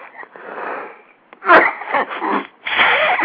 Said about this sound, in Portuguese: Você desculpe estar tossindo assim, mas eu estou com uma gripe miserável. Então eu tenho o direito de passar esse programa aqui, metade dele tossindo, a outra metade espirrando.